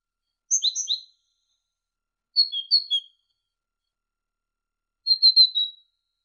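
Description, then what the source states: Great tit singing three brief phrases of clear whistled notes, the first two alternating high and low, with silent gaps between phrases. Masteran recording: a training recording for songbirds.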